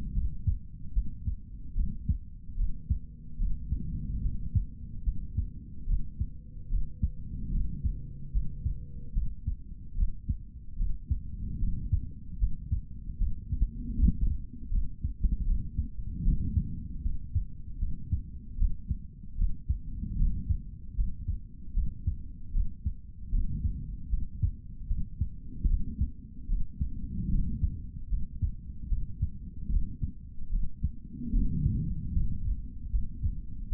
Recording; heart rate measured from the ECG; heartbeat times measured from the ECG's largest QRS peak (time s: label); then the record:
heart sounds by stethoscope; 75 bpm
0.13 s: heartbeat
0.93 s: heartbeat
1.74 s: heartbeat
2.56 s: heartbeat
3.38 s: heartbeat
4.22 s: heartbeat
5.04 s: heartbeat
5.86 s: heartbeat
6.69 s: heartbeat
7.51 s: heartbeat
8.32 s: heartbeat
9.13 s: heartbeat
9.95 s: heartbeat
10.77 s: heartbeat
11.59 s: heartbeat
12.39 s: heartbeat
13.18 s: heartbeat
13.96 s: heartbeat
14.70 s: heartbeat
15.45 s: heartbeat
16.23 s: heartbeat
17.02 s: heartbeat
17.79 s: heartbeat
18.57 s: heartbeat
19.36 s: heartbeat
20.17 s: heartbeat
20.96 s: heartbeat
21.74 s: heartbeat
22.52 s: heartbeat
23.31 s: heartbeat
24.10 s: heartbeat
24.87 s: heartbeat
25.67 s: heartbeat
26.47 s: heartbeat
27.29 s: heartbeat
28.09 s: heartbeat
28.88 s: heartbeat
29.69 s: heartbeat
30.50 s: heartbeat
31.32 s: heartbeat
32.13 s: heartbeat
32.91 s: heartbeat
33.69 s: heartbeat
From the record:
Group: healthy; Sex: male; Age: 55 years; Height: 167 cm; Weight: 57.2 kg